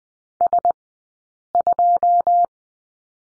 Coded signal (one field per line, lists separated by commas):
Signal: Morse code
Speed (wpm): 20 wpm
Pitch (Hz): 700 Hz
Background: none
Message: S2